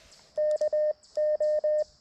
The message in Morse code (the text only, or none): KO